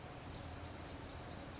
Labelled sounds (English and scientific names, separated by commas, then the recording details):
California Towhee (Melozone crissalis)
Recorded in Sonoma County, California